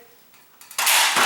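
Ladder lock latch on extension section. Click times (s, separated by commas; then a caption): 0.8 s. An extension section of a Little Giant ladder is slid up, and its metal locking hinge latch snaps into place. After a quiet start, two small clicks come at about 0.6 and 0.7 s, then a loud, sharp metallic snap at 0.8 s rings on as bright clatter to the end. The ladder lock is seated.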